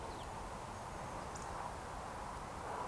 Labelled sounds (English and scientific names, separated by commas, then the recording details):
Eurasian Woodcock (Scolopax rusticola)
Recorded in Baden-Württemberg, Germany, on 13 June 2020 at 19:36 UTC
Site 43791, 788 m above sea level